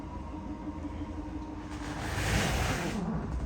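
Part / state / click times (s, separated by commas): unspecified locking part on travel trailer exterior / not seated / none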